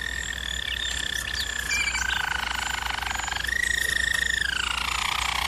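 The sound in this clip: Bird song of long, rapidly pulsed trills held on steady pitches, shifting between a lower buzzy trill and a clearer whistled trill near the top, over a constant low hum.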